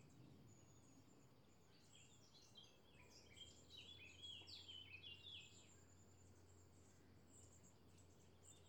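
Birds chirping: a cluster of quick, high chirps and short trills gathers in the middle, with thin high notes scattered throughout over a low hum.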